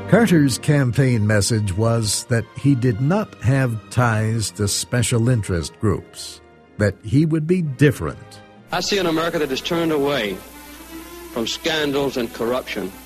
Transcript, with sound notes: Carter's campaign message was that he did not have ties to special interest groups, that he would be different. (in campaign film) "I see an America that has turned away from scandals and corruption.